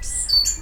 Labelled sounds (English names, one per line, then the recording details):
Stitchbird song
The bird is a male
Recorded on Tiritiri Matangi Island, New Zealand, in 2005
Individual 20, of nest box 28